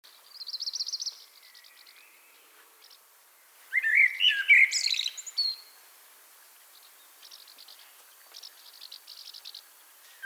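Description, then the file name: Common blackbird: soft high notes, a pause, then a loud fluted phrase breaking into squeaky twitters, followed by soft scattered high notes and another phrase beginning. "Turdus merula"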